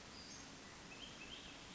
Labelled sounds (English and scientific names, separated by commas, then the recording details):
Western Flycatcher (Empidonax difficilis)
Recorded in Sonoma County, California